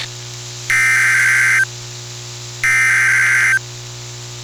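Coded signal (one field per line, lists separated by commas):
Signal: Emergency Alert System (SAME) tones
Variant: header bursts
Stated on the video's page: Alerts recorded via SDR and car radio, mostly from NOAA Weather Radio station WXJ41; recording glitched.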